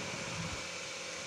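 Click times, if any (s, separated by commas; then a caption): none. A timing locking tool is fitted on a VW Vento GT 1.2 TSI engine, the Audi, Skoda and VW 1.2 TSI, during a timing chain install, with cylinders 1 and 4 at TDC; the tool locks to one side. Only a steady broadband hiss with some faint low rumble is heard. Nothing has seated or clicked yet.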